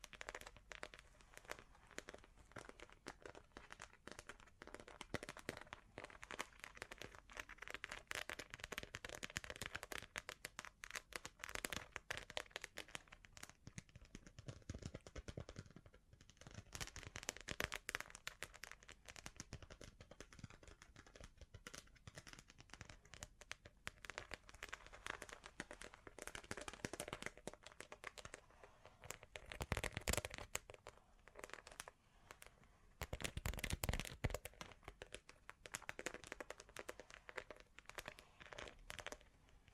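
Bling bling triggers: dense, bright crinkling and crackling run throughout, easing briefly near sixteen seconds, with louder rustling bursts around thirty and thirty-four seconds.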